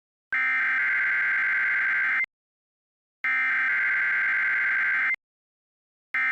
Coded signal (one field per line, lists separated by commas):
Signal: Emergency Alert System (SAME) tones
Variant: header bursts